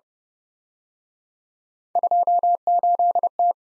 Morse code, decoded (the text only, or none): 28T